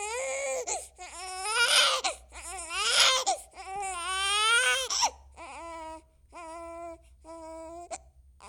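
Loud, high-pitched wailing cries of about one second each come in a rough series, roughly 48 a minute, then trail into softer, steadier whimpering cries. This is an ordinary infant cry.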